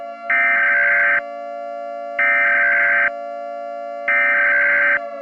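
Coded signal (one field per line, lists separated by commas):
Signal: Emergency Alert System (SAME) tones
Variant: header bursts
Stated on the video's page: Fictional EAS scenario containing valid EAS tones that can trigger real alert equipment.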